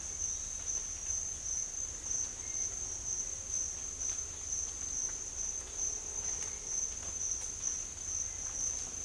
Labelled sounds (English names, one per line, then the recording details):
none
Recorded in dense forest near Puerto Asís, Putumayo, Colombia, on 22 December 2024 at 07:30
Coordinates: 0.484, -76.325
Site G056